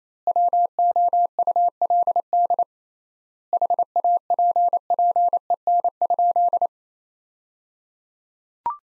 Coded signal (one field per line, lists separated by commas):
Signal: Morse code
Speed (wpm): 28 wpm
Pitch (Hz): 700 Hz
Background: none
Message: WOULD HAPPEN?